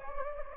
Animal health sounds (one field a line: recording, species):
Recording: mosquito wingbeat signal from an infrared sensor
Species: Anopheles gambiae